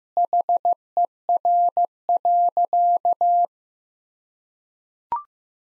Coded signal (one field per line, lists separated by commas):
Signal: Morse code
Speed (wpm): 15 wpm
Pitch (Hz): 700 Hz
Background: none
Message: HER.